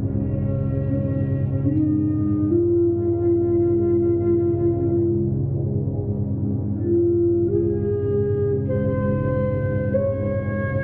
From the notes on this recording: morning binaural beats tuned to the beta frequency range